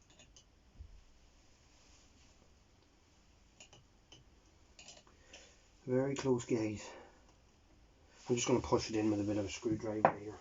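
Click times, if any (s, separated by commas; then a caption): none. A small retaining clip is worked into a recess in the cylinder head of a Honda CB125 RS motorcycle, lined up before being pushed home with a screwdriver. Light metal taps and contact sounds come at about 0.4, 3.6, 4.1, 4.8 and 5.3 seconds, and someone talks from about 5.9 to 6.8 seconds and 8.3 seconds to the end. The clip has not clicked or seated yet.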